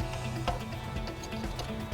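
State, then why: Not seated. The male plug of a TS Performance EcoPro module harness is handled at the boost sensor wiring harness connector on a 2011–2014 Ford EcoBoost, over steady background music. Brief handling knocks come at about 0.5 s and 1.6 s. The plug is not yet home, and nothing has seated or clicked.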